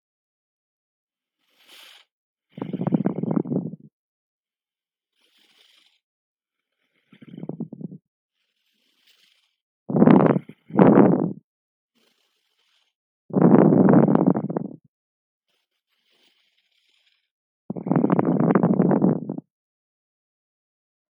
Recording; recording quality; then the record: deep breathing; excellent, no background noise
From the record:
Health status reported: respiratory illness, not identified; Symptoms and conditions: asthma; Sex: male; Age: 23 years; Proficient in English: yes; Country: India